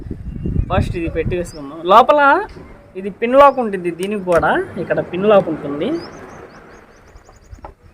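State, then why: Seated. Someone talks while fitting a pinlock anti-fog insert onto its pins on the plastic visor of an Axor motorcycle helmet, pressing it firmly in place. A single sharp click at 7.6 s marks the insert locking in, seated.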